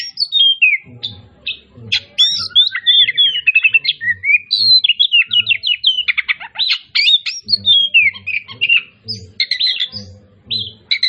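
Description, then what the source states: Oriental magpie-robin pouring out a long, fast, varied song of whistles, trills and chattering notes. Kacer Tretes type, singing persistently and vigorously (gacor).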